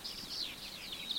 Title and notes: Bathe in stunning spring skylark song - all the way from New Zealand. high country farm road in the Hakataramea Valley in deepest South Canterbury, New Zealand. Skylark song pours from the heavens